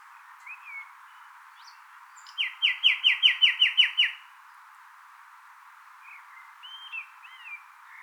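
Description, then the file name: Common nightingale song: a rapid phrase of loud repeated notes, framed by soft scattered whistles and slurred notes. "Luscinia megarhynchos"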